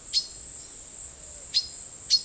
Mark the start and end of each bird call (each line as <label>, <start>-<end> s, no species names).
bird call, 0.06-0.37 s
bird call, 1.45-1.74 s